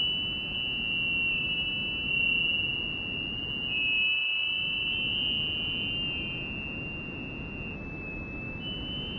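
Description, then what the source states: Spring peepers calling as a softer chorus of high overlapping peeps, with a steady low rumble of background noise beneath. Recorded in New Paltz.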